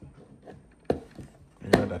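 A watch strapped on its cushion is pushed into the rotating cup of a Wolf British Racing double watch winder with storage. Sharp clicks sound at 0.9 s and 1.7 s over a quiet background. The cushion clicks into place, seated in the winder cup.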